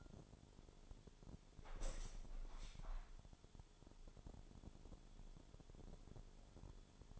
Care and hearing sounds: daily activity, microphone in the room; open window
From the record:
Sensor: 5

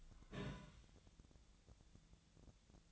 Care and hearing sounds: daily activity, microphone in the room; take from stove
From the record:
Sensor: 3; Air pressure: 1009.9 hPa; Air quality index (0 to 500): 189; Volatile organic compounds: 14 ppm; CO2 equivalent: 2465 ppm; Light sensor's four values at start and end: 41/103/44/47 and 41/103/44/47

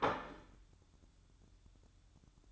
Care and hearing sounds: daily activity, microphone in the room; place plate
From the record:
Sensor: 3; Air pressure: 1007.5 hPa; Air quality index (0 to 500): 60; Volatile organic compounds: 1 ppm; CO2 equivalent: 609 ppm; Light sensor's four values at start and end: 10/24/10/10 and 10/24/10/10

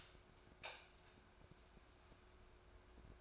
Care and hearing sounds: daily activity, microphone in the room; light off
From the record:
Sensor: 2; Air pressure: 1010.1 hPa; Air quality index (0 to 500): 160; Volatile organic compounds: 7 ppm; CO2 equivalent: 2000 ppm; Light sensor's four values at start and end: 44/110/48/53 and 39/94/42/47

